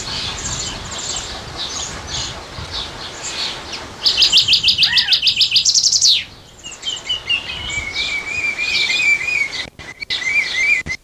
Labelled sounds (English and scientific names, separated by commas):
Common Chaffinch (Fringilla coelebs) song